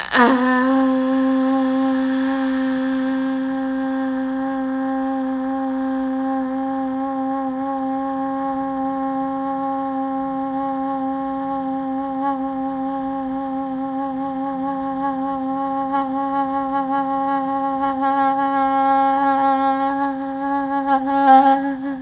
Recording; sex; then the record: sustained vowel /a/; female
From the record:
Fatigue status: fatigue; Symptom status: symptomatic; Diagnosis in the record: COVID-19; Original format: m4a